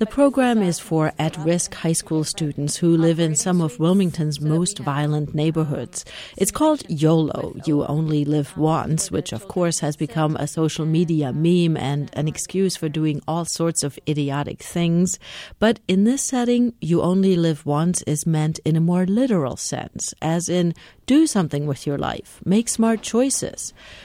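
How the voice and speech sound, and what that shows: One adult man narrates clearly and fluently at an even pace, with a steady voice; ordinary typical speech.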